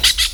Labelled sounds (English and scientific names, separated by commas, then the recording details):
Brown-throated Parakeet (Eupsittula pertinax) contact call
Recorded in Venezuela
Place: Hato Matapalo, Bolívar
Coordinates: 7.356, -61.542